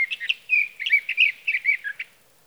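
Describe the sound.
Sage thrasher giving a short burst of fast, varied warbling notes with slurred whistles, ending abruptly; nothing else audible.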